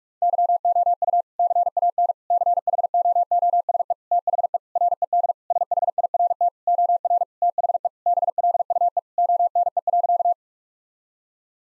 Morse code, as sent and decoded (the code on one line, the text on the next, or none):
-.-- --- ..- / -.-. .- -. / -.-. .... --- --- ... . / - .... . / .-. . -.. / ... .... .. .-. - / --- .-. / - .... . / -... .-.. ..- . / --- -. . .-.-.-
YOU CAN CHOOSE THE RED SHIRT OR THE BLUE ONE.